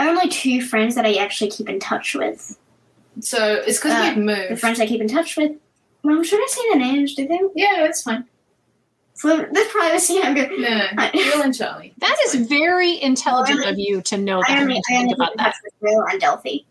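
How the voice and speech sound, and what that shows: A 10-year-old girl talks in quick, run-together bursts, very, very fast, with syllables squeezed and blurred and some words garbled, broken by abrupt pauses in unusual spots. This fits cluttering, a fluency disorder in which a fast, irregular speaking rate makes speech hard to follow; it has recently resurfaced. She also has autism, ADHD, dyspraxia and anxiety.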